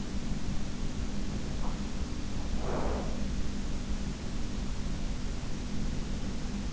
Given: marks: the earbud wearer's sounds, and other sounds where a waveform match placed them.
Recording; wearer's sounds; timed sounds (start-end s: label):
sounds in sleep by an in-ear microphone; breath
1.44-3.28 s: breath